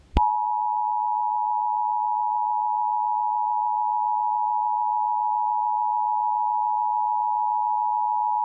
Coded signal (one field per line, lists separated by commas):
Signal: Emergency Alert System (SAME) tones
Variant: 853 and 960 Hz attention tone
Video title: Indiana EAS Required Monthly Test (RMT) on WOWO - 5/16/2024